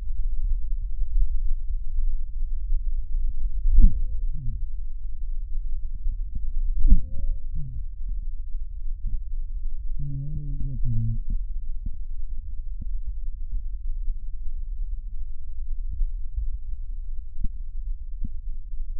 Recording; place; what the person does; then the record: lung sounds by stethoscope; right posterior basal chest; quiet breathing, then cough and speech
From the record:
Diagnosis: COPD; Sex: male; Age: 57 years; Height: 165 cm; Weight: 85.7 kg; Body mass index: 31.5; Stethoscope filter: bell mode